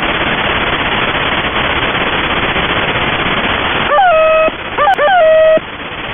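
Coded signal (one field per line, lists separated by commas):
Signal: channel marker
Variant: The Goose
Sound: hiss of radio static, then three nasal honking tones, goose-like, rising then holding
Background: radio static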